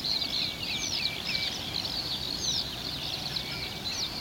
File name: graspieper